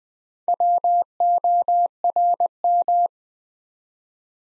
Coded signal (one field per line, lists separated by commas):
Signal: Morse code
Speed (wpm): 20 wpm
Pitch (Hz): 700 Hz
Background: none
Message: WORM